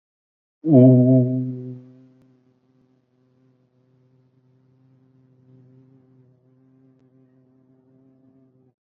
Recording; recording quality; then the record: sustained vowel as in boot; moderate, slight background noise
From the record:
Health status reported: exposed to COVID-19, no respiratory illness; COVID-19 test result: not tested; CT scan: not taken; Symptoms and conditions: none ticked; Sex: male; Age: 23 years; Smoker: no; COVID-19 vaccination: both doses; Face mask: not worn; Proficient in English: yes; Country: India